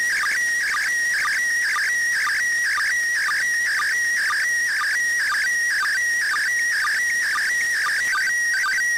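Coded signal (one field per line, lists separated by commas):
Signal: SSTV (slow-scan television)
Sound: warbling tone jumping around mid pitch, with a short low chirp about twice per second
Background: radio static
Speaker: this is a recording of an entire image download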